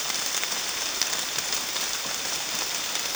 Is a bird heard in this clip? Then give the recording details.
no. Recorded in secondary vegetation near Puerto Asís, Putumayo, Colombia, on 25 June 2025 at 14:00. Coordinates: 0.485, -76.322. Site GP06